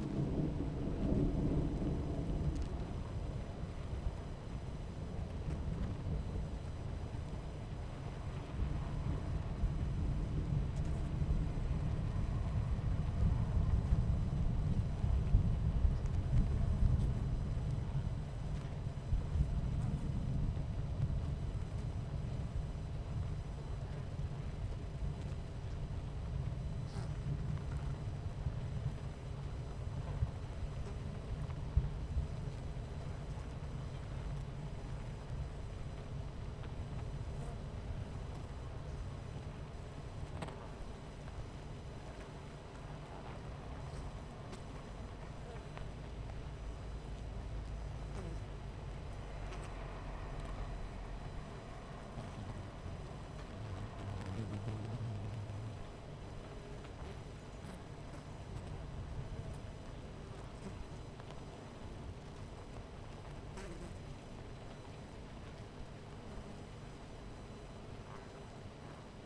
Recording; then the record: honeybee colony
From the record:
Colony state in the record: missing queen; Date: 14 July 2017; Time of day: 11:03